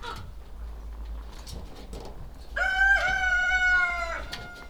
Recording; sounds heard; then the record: poultry house recording; sick chickens (respiratory disease)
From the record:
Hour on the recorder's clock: 17